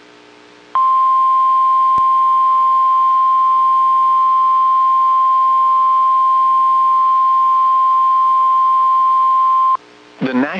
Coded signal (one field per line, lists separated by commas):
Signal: Emergency Alert System (SAME) tones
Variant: 1050 Hz attention tone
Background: speech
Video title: EAS #192 Severe Thunderstorm Watch #364 For MY COUNTY